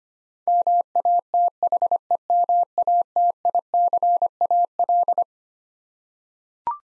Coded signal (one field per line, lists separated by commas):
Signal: Morse code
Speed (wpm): 25 wpm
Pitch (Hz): 700 Hz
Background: none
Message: MATHEMATICAL